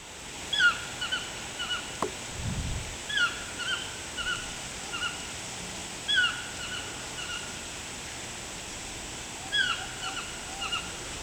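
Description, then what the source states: Toucan giving series of clear, downward-slurred yelping notes in short phrases, pausing a few seconds between bursts; a brief low thump early on. Recorded in Panama.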